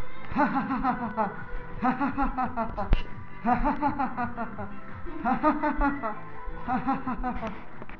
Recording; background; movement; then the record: laughter; music; walking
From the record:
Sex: male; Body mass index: 20.6 kg/m2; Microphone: on the chest, facing the body